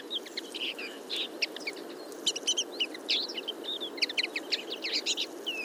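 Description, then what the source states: Common Linnet flock calls, many short twittering notes and chattering bursts overlapping throughout, dense and busy, over a soft low rumble. Flock of about fifty feeding in a field in late summer; calls, flights and autumn babbling; recorded for an hour with a single-microphone parabola.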